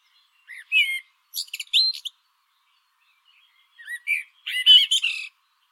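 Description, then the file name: Eurasian blackbird song in two bursts, each a rich whistled warble sliding into thin, high-pitched chattering squeaks, separated by about two seconds of quiet. "Turdus merula"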